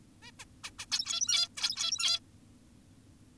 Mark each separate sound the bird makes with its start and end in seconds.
0.23-0.31, 0.40-0.45, 0.64-0.71, 0.79-0.86, 0.92-1.48, 1.57-2.20